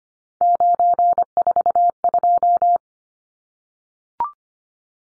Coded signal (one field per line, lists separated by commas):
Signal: Morse code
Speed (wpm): 25 wpm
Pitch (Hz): 700 Hz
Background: none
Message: 942